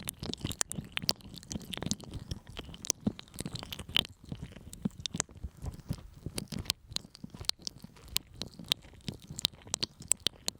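Sticky honey ear massage: a dense run of wet, tacky clicks and crackles, like fingers pressing and pulling apart, continuing without pause. The pops come quickly and irregularly, bright and crisp on top, over a soft low rubbing underneath.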